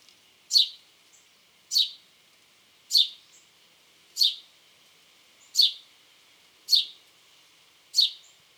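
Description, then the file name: House sparrow repeating a strident chirp seven times, steadily every 1.2 seconds or so, with little else audible. "Passer domesticus"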